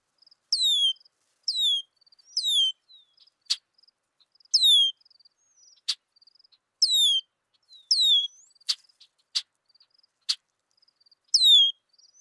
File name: Red-winged Blackbird